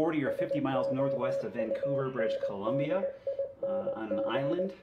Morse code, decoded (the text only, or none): SOUNDING